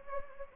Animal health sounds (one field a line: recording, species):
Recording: mosquito wingbeat signal from an infrared sensor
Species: Anopheles gambiae